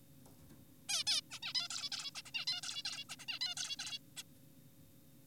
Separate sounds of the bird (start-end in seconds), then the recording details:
0.89-1.04, 1.07-1.21, 1.31-1.39, 1.43-1.53, 1.55-1.68, 1.70-1.90, 1.92-2.11, 2.15-2.22, 2.26-2.31, 2.34-2.45, 2.48-2.61, 2.63-2.82, 2.85-3.04, 3.10-3.16, 3.20-3.26, 3.28-3.39, 3.41-3.54, 3.57-3.76, 3.79-3.98, 4.17-4.23. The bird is an adult. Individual g4p5U